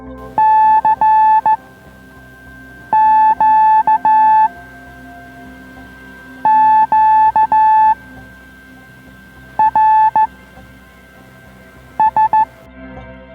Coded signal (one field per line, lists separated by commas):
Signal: Morse code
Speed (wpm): 15 wpm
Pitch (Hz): 870 Hz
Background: music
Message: CQ QRS